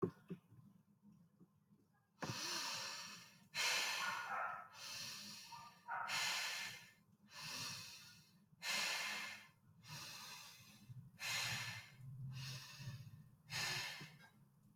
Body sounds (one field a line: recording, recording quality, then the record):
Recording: deep breathing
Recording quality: excellent, no background noise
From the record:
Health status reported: healthy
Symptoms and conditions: none ticked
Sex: male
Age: 23 years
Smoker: not ticked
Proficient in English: yes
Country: India